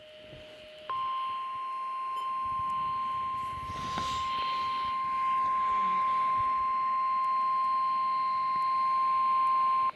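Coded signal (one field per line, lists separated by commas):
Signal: Emergency Alert System (SAME) tones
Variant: 1050 Hz attention tone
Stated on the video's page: Required Weekly Test from NOAA Weather Radio KEC80, recorded on an HH54VP receiver.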